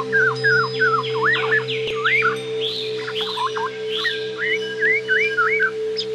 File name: terapi alam kepodang